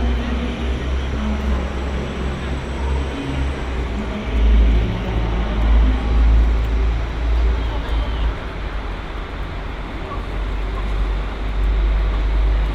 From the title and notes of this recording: Cologne Central Station | Train station sounds. Recorded on Cologne Central Station.